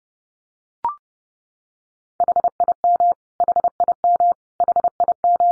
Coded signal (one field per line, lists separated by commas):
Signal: Morse code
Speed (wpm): 30 wpm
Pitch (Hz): 700 Hz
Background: none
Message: HIM HIM HIM